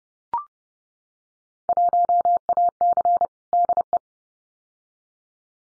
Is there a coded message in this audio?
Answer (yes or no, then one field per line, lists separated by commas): yes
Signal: Morse code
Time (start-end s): 1.7-4.0 s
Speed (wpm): 30 wpm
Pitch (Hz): 700 Hz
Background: none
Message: 1AC DE